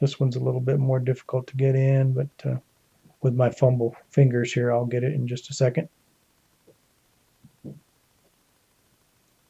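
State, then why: Not seated. Someone talks while fumbling to line up the second, harder-to-fit plastic wiring harness connector into the alternator of a 2002 4.2-liter Ford F-150. After the talking stops around 5.9 seconds, only a few faint, brief handling sounds are heard near 6.7 and 7.7 seconds. Nothing has seated or clicked yet.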